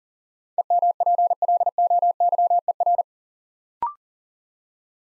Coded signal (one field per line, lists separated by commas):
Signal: Morse code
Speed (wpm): 41 wpm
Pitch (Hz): 700 Hz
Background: none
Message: EMPLOYER